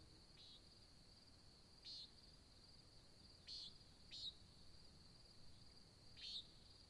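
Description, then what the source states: Nighthawk calling with brief, harsh buzzy notes, four clear ones in seven seconds at uneven gaps, against a constant shrill cricket chorus. Recorded at Sutton in July 2017 at dawn; labelled as nighthawk competition.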